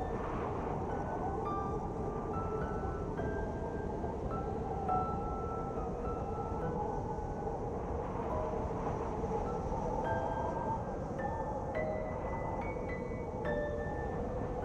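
A steady, dense roar of blizzard wind fills the whole clip, with soft chime-like music notes ringing out every second or two above it.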